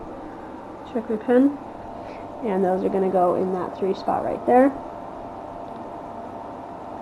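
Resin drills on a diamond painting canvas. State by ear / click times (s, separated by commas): not seated / none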